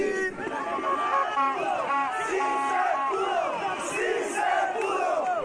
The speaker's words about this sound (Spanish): Improvisadas bandas de música tocan bajo la luna los ritmos nacionales mientras la gente canta y baila en círculos a su alrededor. Todos sonríen, se abrazan, se felicitan, se dicen a gritos que sí se pudo.